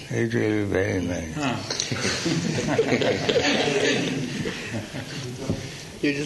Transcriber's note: laughter